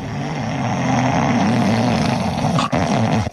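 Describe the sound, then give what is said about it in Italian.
Loud, rough snoring fills the whole clip, a continuous low rattling rasp with a wavering pitch that rises and falls, briefly dipping just before the end. “Né ora né mai mi abituerò al tuo russare, come mi sono abituata a dire sotto la panca la capra campa.”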